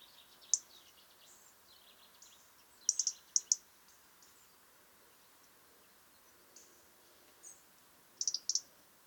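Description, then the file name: European robin making clipped, high tick notes, one early, then a quick group and a later cluster, over a low steady hiss with faint soft twitters. "Erithacus rubecula"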